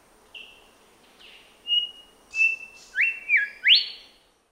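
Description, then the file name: Grey whistler call: a few soft whistles building into loud clear notes, the last ones rising steeply. Papua New Guinea. "Pach Simp"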